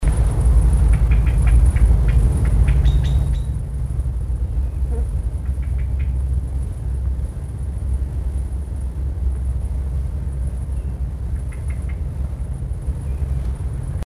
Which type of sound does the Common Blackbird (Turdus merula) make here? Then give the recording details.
call. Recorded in the wild. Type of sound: call. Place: Blankenfelde, Tegeler Fließ, Berlin, DE. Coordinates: 52.6261, 13.3917. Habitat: pond. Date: 1961-09-13 19:00. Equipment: Minifon, Kopie Smaragd. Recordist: Tembrock, Günter. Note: Weiher am Standrohr: Tschackern einer Amsel